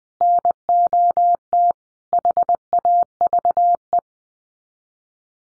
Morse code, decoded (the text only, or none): NOT HAVE